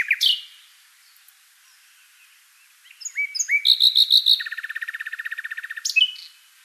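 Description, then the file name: Common nightingale song opens with a sharp note, pauses, then builds through loud repeated chirps into a rapid, even rattle before ending on a squeaky flourish. "Luscinia megarhynchos"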